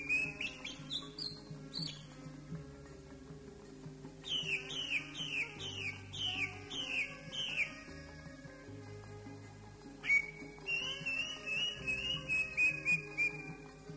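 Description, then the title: Oriental magpie-robin song with varied whistles: rapid falling slurred notes, a quieter stretch, then a fresh burst of high whistled notes. "Kicau Kacer"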